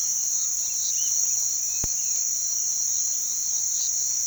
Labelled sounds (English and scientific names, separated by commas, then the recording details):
Violaceous Jay (Cyanocorax violaceus), Yellow-crowned Tyrannulet (Tyrannulus elatus)
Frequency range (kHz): Violaceous Jay (Cyanocorax violaceus) 2.2-3.5 kHz; Yellow-crowned Tyrannulet (Tyrannulus elatus) 2.1-3.3 kHz
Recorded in pastures near Puerto Asís, Putumayo, Colombia, on 19 February 2024 at 07:30
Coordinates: 0.468, -76.328
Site G6414